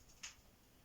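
A plastic connector is pushed onto a wire grid panel of a pet cage to join the panels. A single short, bright snap sounds at 0.2 s, rising well above the quiet background. The connector is seated and secure.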